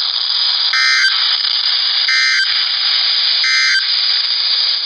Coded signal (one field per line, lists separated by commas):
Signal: Emergency Alert System (SAME) tones